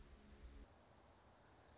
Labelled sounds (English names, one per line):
Orange-crowned Warbler